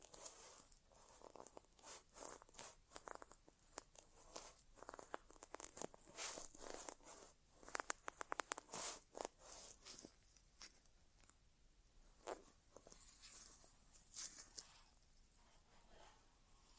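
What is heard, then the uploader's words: An ASMR inner ear exam without talking: dense, crackly scratching and rustling sounds fill the clip, with rapid clicks and short bursts clustering around the middle. The texture is bright and irregular, easing slightly in the last few seconds. ASMR Inner Ear Exam (No Talking).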